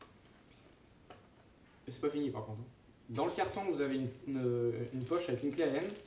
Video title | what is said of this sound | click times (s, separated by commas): Review AW308 | Voilà, vous entendez un clic. | 0.0 s